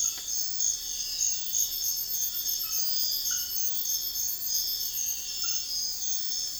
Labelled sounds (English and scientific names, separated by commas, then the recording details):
none
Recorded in secondary vegetation near Puerto Asís, Putumayo, Colombia, on 4 March 2025 at 04:30
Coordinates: 0.498, -76.327
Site G001